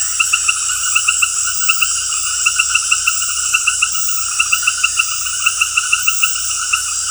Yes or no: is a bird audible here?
no